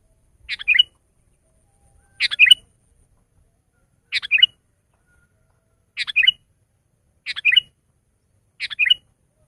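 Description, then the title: Sooty-headed bulbul repeating a short bubbly phrase of a few notes, six times in a fairly regular series. "kutilang"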